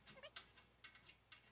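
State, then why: Not seated. An assembly bolt is started by hand into a threaded insert on the frame of a Sunny Magnetic Recumbent Elliptical trainer, and it does not start cleanly, so it is retried to avoid cross-threading. Only short turning and handling scrapes are heard, around 0.4, 0.9, 1.1 and 1.3 seconds. Nothing has seated or clicked yet.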